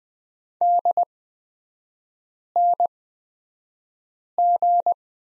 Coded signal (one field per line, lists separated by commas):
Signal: Morse code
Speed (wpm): 20 wpm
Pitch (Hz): 700 Hz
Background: none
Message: DNG